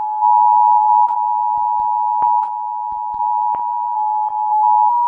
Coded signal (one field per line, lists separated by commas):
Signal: Emergency Alert System (SAME) tones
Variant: 853 and 960 Hz attention tone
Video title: Rating EAS Alarms S2 Part 17: A New Month!